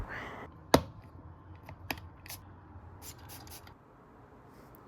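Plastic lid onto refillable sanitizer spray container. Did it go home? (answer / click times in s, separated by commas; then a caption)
yes / 0.7 s. A plastic lid is pressed down hard onto a refillable Touchland Power Mist hand sanitizer spray container after it has been refilled with hand sanitizer solution and essential oils and its tubing replaced. A sharp, loud snap at 0.7 s marks the lid clicking into place, followed by fainter ticks and taps around 1.9 s and 2.3 s. The lid is seated.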